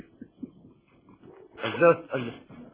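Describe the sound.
On an Egyptian radio broadcast from Cairo in 2009, after a stretch of low, quiet murmuring, a voice lets out a loud, strained two-part bray, a human imitation of a donkey's hee-haw with harsh, buzzing harmonics.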